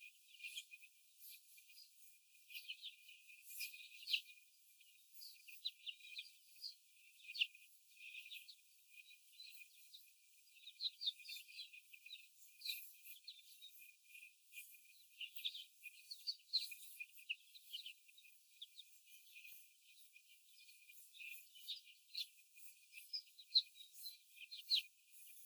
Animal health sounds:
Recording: young laying hens in a cage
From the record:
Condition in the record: before the stressor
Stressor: simulated dog barking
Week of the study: 4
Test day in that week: 1

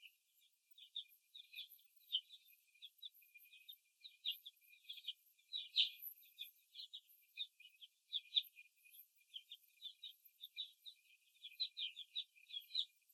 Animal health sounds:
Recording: young laying hens in a cage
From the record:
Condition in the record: after the stressor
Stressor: simulated dog barking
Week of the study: 1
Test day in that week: 2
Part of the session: 3

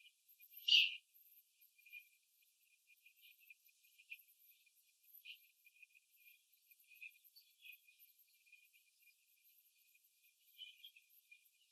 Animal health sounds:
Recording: young laying hens in a cage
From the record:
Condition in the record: after the stressor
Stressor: simulated dog barking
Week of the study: 3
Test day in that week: 2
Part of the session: 2

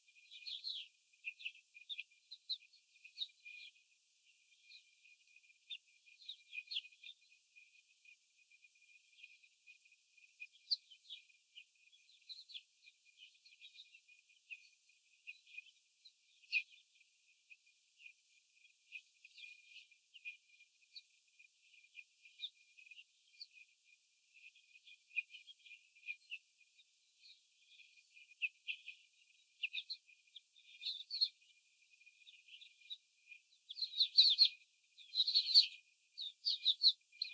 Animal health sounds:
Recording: young laying hens in a cage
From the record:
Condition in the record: after the stressor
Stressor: simulated dog barking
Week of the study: 4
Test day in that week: 3

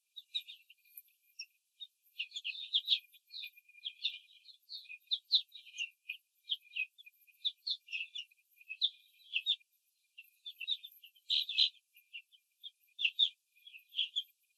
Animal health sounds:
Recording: young laying hens in a cage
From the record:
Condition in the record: control cage, after the stress test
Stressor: none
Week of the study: 4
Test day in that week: 3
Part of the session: 3

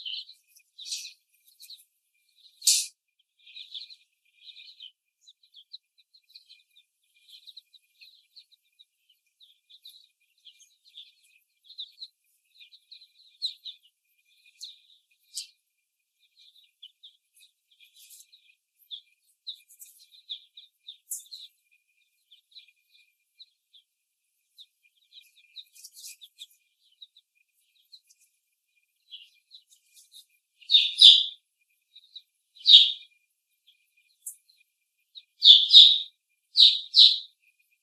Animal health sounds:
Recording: young laying hens in a cage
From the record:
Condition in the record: before the stressor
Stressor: simulated dog barking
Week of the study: 1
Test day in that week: 1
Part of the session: 1

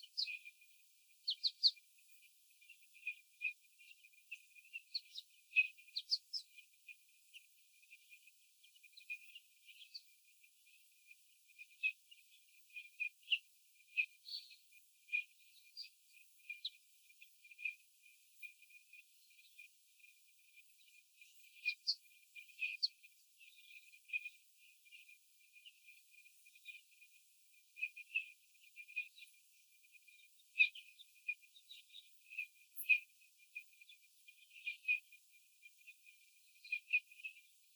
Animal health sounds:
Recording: young laying hens in a cage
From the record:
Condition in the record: before the stressor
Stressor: sudden umbrella opening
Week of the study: 3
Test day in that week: 2

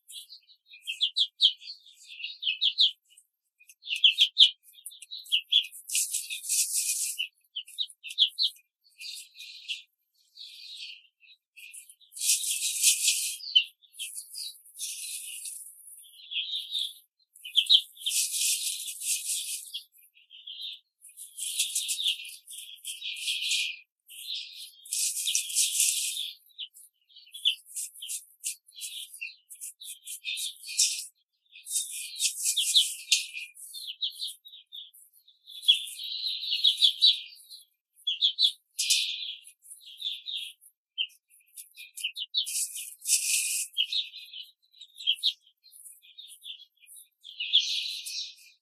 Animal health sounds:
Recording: young laying hens in a cage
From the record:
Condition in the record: control cage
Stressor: none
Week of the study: 5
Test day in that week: 1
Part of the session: 4

